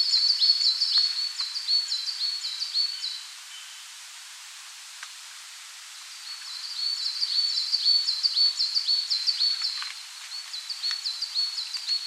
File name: Parus ater